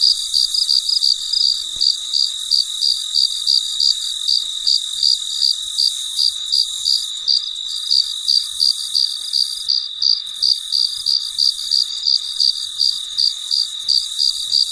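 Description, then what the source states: Shrill cricket chirps tick along at roughly three per second, unbroken throughout, over a constant hiss of other insects. Recorded late at night, in deep quiet.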